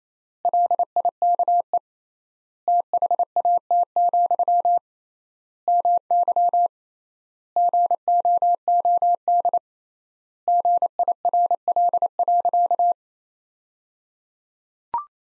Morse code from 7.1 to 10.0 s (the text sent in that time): GOOD